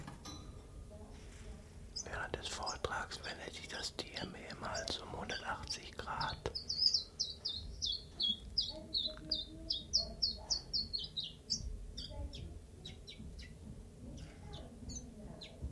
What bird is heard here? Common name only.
Common Chiffchaff